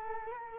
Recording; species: mosquito wingbeat signal from an infrared sensor; Culex quinquefasciatus